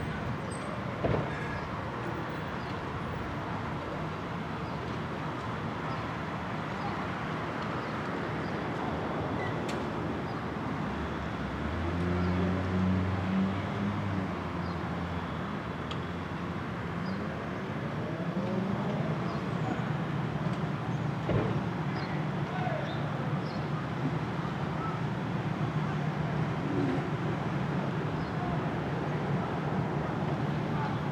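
Outdoor city air on a Brooklyn roof: a steady, dense wash of traffic rumble with no pauses. Around 12 to 15 seconds a low droning engine tone swells and fades, the level rises slightly after 18 seconds, and a few brief clicks occur.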